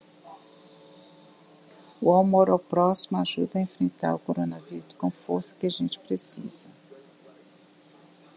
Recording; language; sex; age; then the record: spoken sentence; Brazilian Portuguese; female; 50 to 59 years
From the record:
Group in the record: control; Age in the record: 58 years